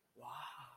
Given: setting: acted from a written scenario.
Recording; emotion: vocal sound without words; interest